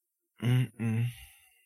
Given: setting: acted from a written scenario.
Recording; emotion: vocal sound without words; shame